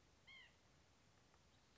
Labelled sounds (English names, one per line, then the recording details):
White-breasted Nuthatch
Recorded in Sonoma County, California